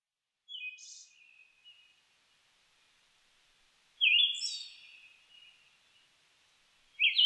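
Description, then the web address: Siberian thrush singing short phrases about every three seconds, each a whistled note blending into a high, thin, buzzy hiss, with soft trailing notes between phrases. Recorded on 29 May 2004. "2004 040529 mamijiro"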